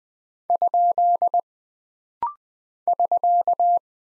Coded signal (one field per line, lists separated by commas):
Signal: Morse code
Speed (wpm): 20 wpm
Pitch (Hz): 700 Hz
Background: none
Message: ? <SK>